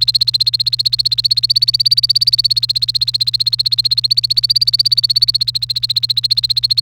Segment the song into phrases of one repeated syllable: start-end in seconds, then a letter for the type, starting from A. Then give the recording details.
0.00-6.80 A. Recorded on 1 May 2018 at 11:54. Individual llb3